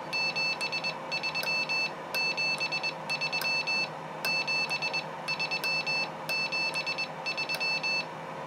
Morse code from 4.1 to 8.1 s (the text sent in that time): 7373